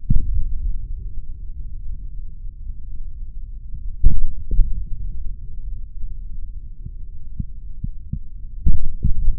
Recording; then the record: forearm muscle sounds (acoustic myography)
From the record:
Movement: tripod grip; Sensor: system 3, bracelet of six PUI Audio POM-2738L microphones around the upper forearm, with dedicated amplification and filtering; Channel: 5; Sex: male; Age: 26 years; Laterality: right